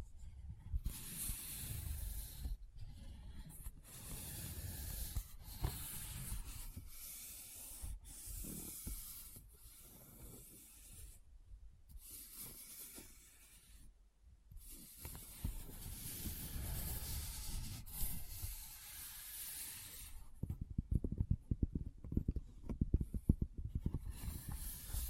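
Items are pulled from a bag with soft hissing rustles, brief pauses and low thumps, then quick crackly tapping in the final seconds.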